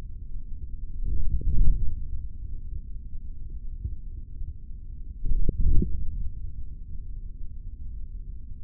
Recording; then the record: forearm muscle sounds (acoustic myography)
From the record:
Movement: forearm supination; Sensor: system 3, bracelet of six PUI Audio POM-2738L microphones around the upper forearm, with dedicated amplification and filtering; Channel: 1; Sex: male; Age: 56 years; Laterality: right